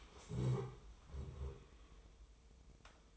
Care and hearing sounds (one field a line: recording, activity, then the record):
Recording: daily activity, microphone in the room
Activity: stand up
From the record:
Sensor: 1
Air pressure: 1005.1 hPa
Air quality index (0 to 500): 123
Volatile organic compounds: 5 ppm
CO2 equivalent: 1719 ppm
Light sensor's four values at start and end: 11/27/11/12 and 11/26/10/11